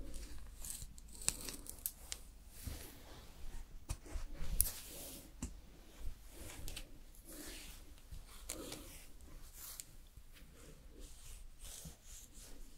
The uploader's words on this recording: ASMR Doing Your Makeup and Hair Styling for Party(No Talking).